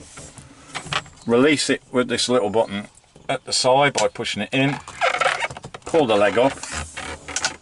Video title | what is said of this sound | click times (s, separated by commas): Camper King Campervan Review | locks into place as you can hear | 7.4 s, 7.5 s